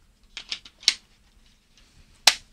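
A chosen nozzle is fitted onto the plastic suction tube of a Bosch AdvancedVac 20 universal vacuum cleaner and pushed home. A few small plastic clicks and taps sound between 0.4 and 0.9 s, then a sharp, loud click at 2.3 s as the nozzle latches into place.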